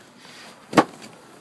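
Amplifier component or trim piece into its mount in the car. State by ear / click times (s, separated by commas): not seated / none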